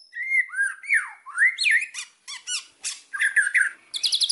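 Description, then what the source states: White-rumped shama song: rich whistled arcs and swoops, mixed with harsh buzzy notes and a rapid high rattling burst at the end. Song used as a lure to provoke a strong response; described as gacor, meaning singing loudly and continuously.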